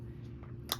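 The female half of a metal magnetic bag snap is pressed into place during installation on a TPU vinyl backpack, with a kit offering 18 mm and 14 mm sizes. A steady low hum runs under a faint soft tick at 0.4 s, then a sharp bright click at 0.7 s as the snap part pops into place and seats.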